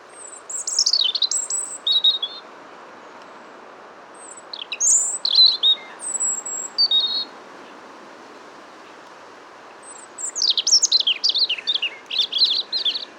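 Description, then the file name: European robin singing varied, silvery trills and falling whistles in three phrases with pauses between, against low background hiss. "Erithacus rubecula"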